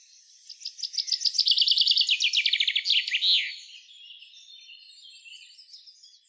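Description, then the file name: Common chaffinch song: one bright, fast trill of repeated notes that drops in pitch and ends in a sharp flourish, followed by faint twittering from other birds. "Fringilla coelebs"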